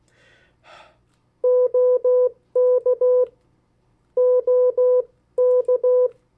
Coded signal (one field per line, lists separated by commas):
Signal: Morse code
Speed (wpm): 16 wpm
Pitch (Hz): 500 Hz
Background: none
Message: OK OK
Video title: 50 State Abbreviations, Variable speeds, in CW Video #5